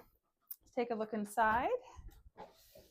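A snap latch on the hard plastic storage case of a Dremel 4300 rotary tool is flipped open, giving a single sharp click at 0.5 s as the latch pops open. Someone then talks.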